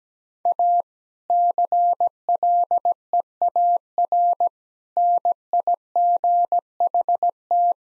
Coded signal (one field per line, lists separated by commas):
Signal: Morse code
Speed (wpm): 17 wpm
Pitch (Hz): 700 Hz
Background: none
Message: A CLEAR NIGHT